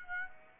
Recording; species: mosquito wingbeat signal from an infrared sensor; Aedes aegypti